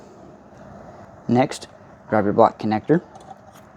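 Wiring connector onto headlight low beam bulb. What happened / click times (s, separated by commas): Connector handled, not yet seated / none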